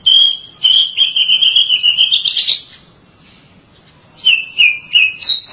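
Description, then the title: Oriental magpie-robin giving a sustained wavering whistle that rises into a buzzy burst, a pause, then a few more sweeping whistled notes. "Suara Kicauan Burung Kacer"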